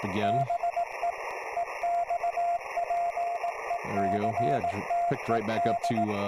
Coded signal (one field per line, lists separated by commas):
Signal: Morse code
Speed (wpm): 18 wpm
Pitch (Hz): 690 Hz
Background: speech, radio noise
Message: BE EXPECTED